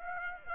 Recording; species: mosquito wingbeat signal from an infrared sensor; Aedes aegypti